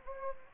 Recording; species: mosquito wingbeat signal from an infrared sensor; Anopheles gambiae